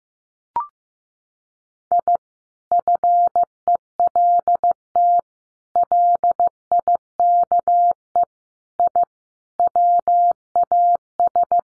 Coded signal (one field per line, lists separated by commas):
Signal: Morse code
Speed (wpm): 15 wpm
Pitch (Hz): 700 Hz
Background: none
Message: I FELT LIKE I WAS